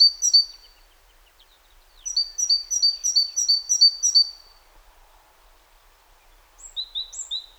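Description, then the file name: Great tit repeating sharp, high two-note units in three bursts, with pauses between. "Parus major"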